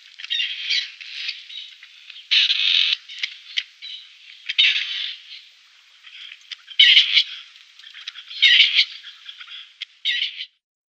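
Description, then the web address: Grey partridge giving harsh, scratchy rasping calls in an almost continuous run of uneven bursts lasting about ten seconds. Display call. "Schulze Peter Grey Partridge display"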